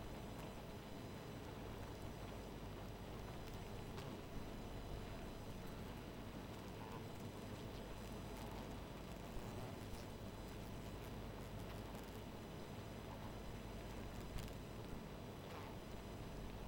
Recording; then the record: honeybee colony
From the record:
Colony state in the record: missing queen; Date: 14 July 2017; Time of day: 0:48